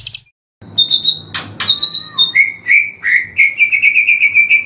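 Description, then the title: White-rumped shama song: clear high whistles and a couple of sharp clicks, then a series of short notes that become a quick, steady repeated phrase. Masteran, a training recording for songbirds. "MURAI BATU LABAIK"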